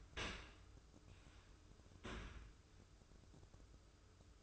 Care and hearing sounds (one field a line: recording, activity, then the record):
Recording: daily activity, microphone in the room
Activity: open dishwasher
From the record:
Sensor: 2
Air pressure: 995.7 hPa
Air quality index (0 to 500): 97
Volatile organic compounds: 5 ppm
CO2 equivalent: 1790 ppm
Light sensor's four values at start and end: 25/81/32/31 and 25/81/32/31